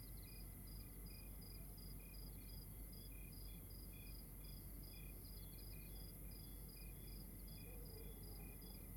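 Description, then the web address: Crickets chirp in quick repeated pulses, a few callers alternating and overlapping, with continuous low background noise underneath. Outdoors at night in Rwanda. "Monte Sound - Atmospheres of Rwanda AMB External Rwanda Night Crickets"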